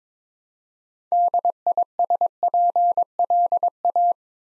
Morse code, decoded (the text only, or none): DISPLA